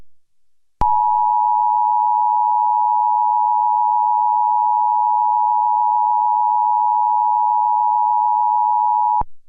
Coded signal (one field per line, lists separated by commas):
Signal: Emergency Alert System (SAME) tones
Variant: 853 and 960 Hz attention tone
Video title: Slimetoons Network National EAS Test (July 22, 2019.)